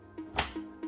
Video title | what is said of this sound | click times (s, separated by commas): Window blind Installation | did you hear that? That's the click. | 0.4 s